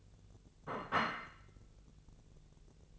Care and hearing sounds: daily activity, microphone in the room; place plate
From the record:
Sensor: 4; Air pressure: 1001.0 hPa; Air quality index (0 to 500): 144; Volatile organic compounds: 2 ppm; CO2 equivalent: 1062 ppm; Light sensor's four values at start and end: 26/62/26/27 and 26/62/26/27

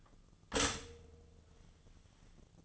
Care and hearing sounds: daily activity, microphone in the room; stop toaster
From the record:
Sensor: 4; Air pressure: 1010.1 hPa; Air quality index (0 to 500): 180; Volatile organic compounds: 5 ppm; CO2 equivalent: 1821 ppm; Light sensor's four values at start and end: 23/68/27/27 and 23/69/27/27

